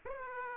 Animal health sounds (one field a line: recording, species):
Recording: mosquito wingbeat signal from an infrared sensor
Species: Aedes aegypti